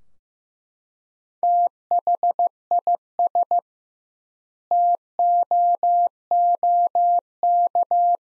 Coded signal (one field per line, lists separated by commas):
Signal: Morse code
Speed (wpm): 15 wpm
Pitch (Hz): 700 Hz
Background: none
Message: THIS TOOK